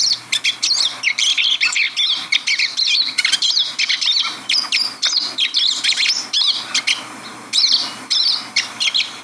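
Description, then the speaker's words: Pine Siskins chattering as a group: rapid husky twitters, trills and short rising notes in dense bursts. A chattering group; husky songs with whispering trills, slurs and short rising notes, mixed with wheezy contact calls, long harsh upsweeping zweets among the longer songs. "that was a chattery group of pine siskins, very small songbirds with sharp pointed bills and short notched tails."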